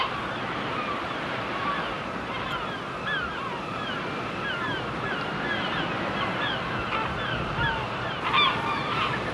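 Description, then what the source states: Gulls calling in a busy chorus, many short overlapping mewing cries throughout, over a steady background hiss. Seagulls on the shore.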